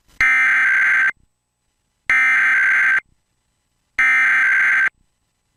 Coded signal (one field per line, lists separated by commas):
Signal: Emergency Alert System (SAME) tones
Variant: header bursts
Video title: EAS Mock of Useless Amber Alert (Maryland) - @jcraver98